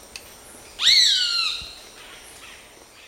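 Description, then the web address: Roadside hawk uttering one loud, drawn-out, buzzy scream that rises briefly then slurs downward, followed by quiet. Recorded in Ecuador. "Natures Songs S America Birds of Ecuador. Roadside Hawk"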